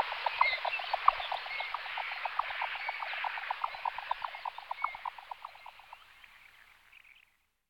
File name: Slucka mala Lymnocryptes minimus